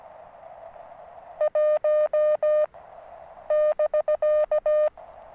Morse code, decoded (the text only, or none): 1 <BK>